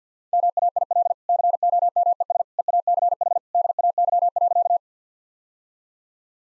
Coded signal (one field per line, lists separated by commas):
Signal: Morse code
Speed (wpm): 50 wpm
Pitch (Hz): 700 Hz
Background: none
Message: MAIL COMES EACH DAY.